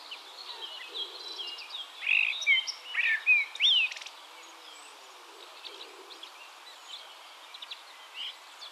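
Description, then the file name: Eurasian blackbird song: a run of rich whistled notes, some sliding up and some down, over a few seconds, with soft chirps from other birds behind. "Turdus merula"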